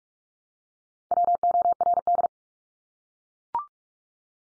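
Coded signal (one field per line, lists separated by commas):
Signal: Morse code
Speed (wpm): 44 wpm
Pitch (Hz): 700 Hz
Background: none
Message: WORD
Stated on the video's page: Drill of the 100 most common English words at 45 wpm, each sent in Morse, spoken, then sent again.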